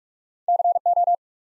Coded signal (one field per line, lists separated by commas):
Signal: Morse code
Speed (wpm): 44 wpm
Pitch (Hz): 700 Hz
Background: none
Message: CO